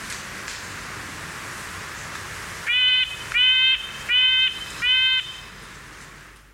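Red-breasted nuthatch: four nasal, horn-like notes in steady succession after a few seconds of faint background hiss.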